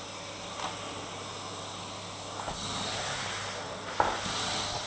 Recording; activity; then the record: daily activity, microphone in the room; vacuum cleaning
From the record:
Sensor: 3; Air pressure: 988.7 hPa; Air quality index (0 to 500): 201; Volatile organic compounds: 372 ppm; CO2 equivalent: 4624 ppm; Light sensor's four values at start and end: 22/69/29/25 and 19/61/24/22